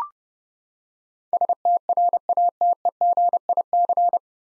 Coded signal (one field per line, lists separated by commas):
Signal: Morse code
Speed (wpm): 30 wpm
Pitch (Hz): 700 Hz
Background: none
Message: STRATEGIC